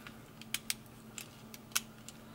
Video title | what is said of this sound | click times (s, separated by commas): How to FIX ANALOG DRIFT in PS4 Controller! Correct Method 100% Works! | at this point you can hear both the clips on either side click into place there | 0.7 s, 1.8 s